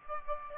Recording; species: mosquito wingbeat signal from an infrared sensor; Aedes aegypti